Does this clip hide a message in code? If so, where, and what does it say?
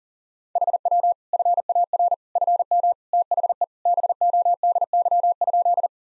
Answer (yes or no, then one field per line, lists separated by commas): yes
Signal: Morse code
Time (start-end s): 0.6-5.9 s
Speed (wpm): 37 wpm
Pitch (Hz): 700 Hz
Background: none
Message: HW FAR FM THE BODY?